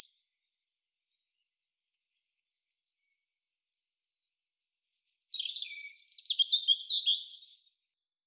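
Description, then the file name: European robin: a few faint high notes, then a long, rich phrase of shrill, rapidly changing twitters and trills lasting about three seconds. "Erithacus rubecula"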